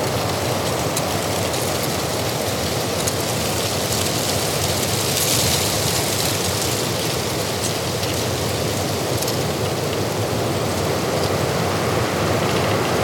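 Wind and weather on the Hochgern: a steady, dense rush of wind roars without pause for the whole recording, full from low rumble to hiss. Around the middle it swells slightly brighter in a gust, with faint patter like rain.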